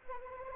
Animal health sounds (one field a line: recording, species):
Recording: mosquito wingbeat signal from an infrared sensor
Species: Anopheles arabiensis